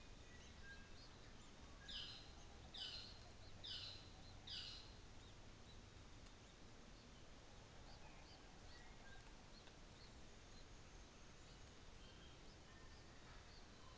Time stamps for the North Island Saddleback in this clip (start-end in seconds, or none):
1.73-5.02